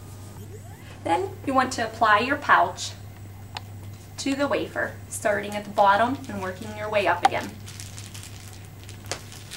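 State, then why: Seated. Someone talks while the plastic coupling ring of a two-piece colostomy pouch is pressed onto the skin barrier wafer flange, working from the bottom up. Soft handling sounds follow, and a sharp click at 9.1 s marks the pouch seating onto the wafer.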